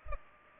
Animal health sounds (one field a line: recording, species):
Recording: mosquito wingbeat signal from an infrared sensor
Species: Culex pipiens